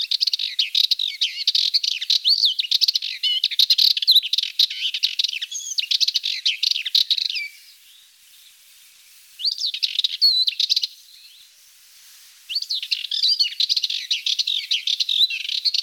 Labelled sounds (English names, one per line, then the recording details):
Sardinian Warbler song
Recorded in the wild
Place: Félines/Ardèche, FR
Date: 1991-05-08
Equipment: Dat-Recorder Casio DA 7, Telinga M2, stereo, Telinga-Parabolspiegel
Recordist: Schwarz, Dieter